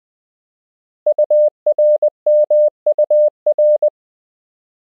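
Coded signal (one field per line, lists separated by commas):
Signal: Morse code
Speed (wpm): 20 wpm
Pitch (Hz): 600 Hz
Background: none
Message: URMUR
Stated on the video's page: Koch method lesson 4 drill: English words and ham QSO patterns at 20 wpm, generated by a Morse learning app.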